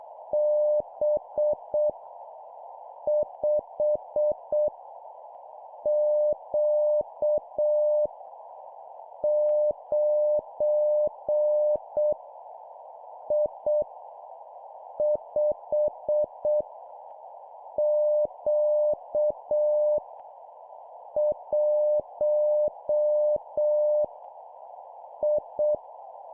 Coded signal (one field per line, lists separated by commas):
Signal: Morse code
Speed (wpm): 7 wpm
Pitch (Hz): 600 Hz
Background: none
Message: B 5 Q 9 I 5 Q 1 I